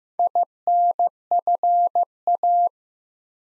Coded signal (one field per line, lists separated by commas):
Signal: Morse code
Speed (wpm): 15 wpm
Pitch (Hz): 700 Hz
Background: none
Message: INFA